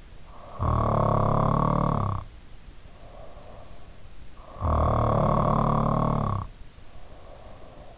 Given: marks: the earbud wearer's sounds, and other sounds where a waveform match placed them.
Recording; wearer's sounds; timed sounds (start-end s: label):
sounds in sleep by an in-ear microphone; snoring breath
0.27-3.99 s: snoring breath
4.45-7.98 s: snoring breath